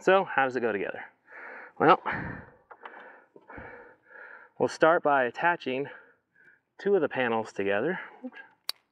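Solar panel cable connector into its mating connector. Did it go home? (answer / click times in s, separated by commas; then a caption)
yes / 8.7 s. Someone talks about joining two solar panels, then two plastic solar-type panel cable connectors are pushed together. A sharp, bright click at 8.7 s shows one connector seating into its mating connector.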